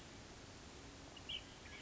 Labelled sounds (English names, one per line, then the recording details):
Ash-throated Flycatcher
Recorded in Sonoma County, California